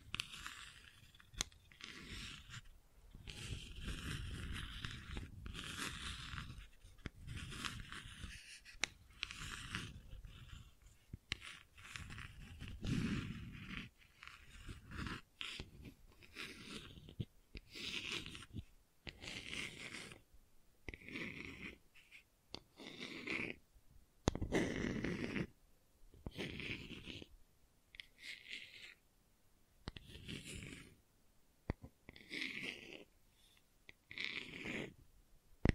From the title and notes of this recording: ASMR Gentle Scratching You Will Fall Asleep To (No Talking).